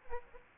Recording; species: mosquito wingbeat signal from an infrared sensor; Aedes aegypti